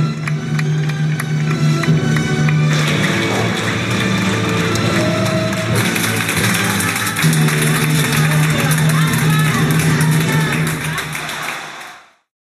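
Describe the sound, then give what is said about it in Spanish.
A theatre audience in the stalls applauds in a dense, steady wash of clapping that holds at full strength for about twelve seconds, with a low hum beneath, before cutting away quickly at the end. “¿Qué sería del teatro, de la vida, según Chaplin, sin los aplausos?”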